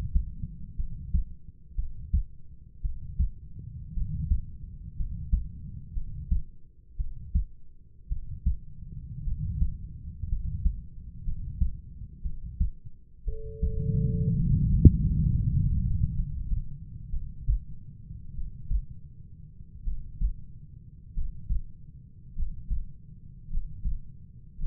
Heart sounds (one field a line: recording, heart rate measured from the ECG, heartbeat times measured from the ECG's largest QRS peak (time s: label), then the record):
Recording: heart sounds by stethoscope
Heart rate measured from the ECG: 55 bpm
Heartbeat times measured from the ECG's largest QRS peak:
0.76 s: heartbeat
1.76 s: heartbeat
2.82 s: heartbeat
3.94 s: heartbeat
4.97 s: heartbeat
5.94 s: heartbeat
6.97 s: heartbeat
8.09 s: heartbeat
9.24 s: heartbeat
10.29 s: heartbeat
11.24 s: heartbeat
12.22 s: heartbeat
13.25 s: heartbeat
14.36 s: heartbeat
15.29 s: heartbeat
16.14 s: heartbeat
17.10 s: heartbeat
18.33 s: heartbeat
19.84 s: heartbeat
21.14 s: heartbeat
22.35 s: heartbeat
23.49 s: heartbeat
24.58 s: heartbeat
From the record:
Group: healthy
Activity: rest 0-14 s, breath hold 14-25 s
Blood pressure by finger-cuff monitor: 104/52 mmHg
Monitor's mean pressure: 65 mmHg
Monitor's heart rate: 59 bpm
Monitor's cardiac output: 5.2 L/min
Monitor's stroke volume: 90 mL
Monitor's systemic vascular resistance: 890 dyn s/cm5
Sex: male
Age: 25 years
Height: 170 cm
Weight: 70.4 kg